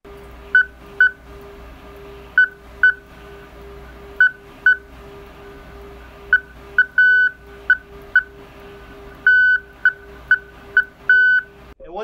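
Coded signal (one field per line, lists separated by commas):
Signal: Hellschreiber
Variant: Slow Hell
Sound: a steady mid-pitched tone switching on and off slowly in short and longer bursts, like Morse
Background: low hum, room noise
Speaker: you can listen to what it sounds like let's see if we can if you can hear this on the microphone and what that basically it sounds like CW but what that's basically doing is punching out each individual or I say punching out it's transmitting each individual on and off at a time at a slow rate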